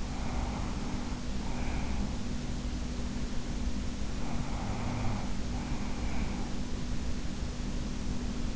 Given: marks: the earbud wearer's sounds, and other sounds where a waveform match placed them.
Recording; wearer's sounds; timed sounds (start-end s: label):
sounds in sleep by an in-ear microphone; breath
0.00-2.37 s: breath
4.19-6.67 s: breath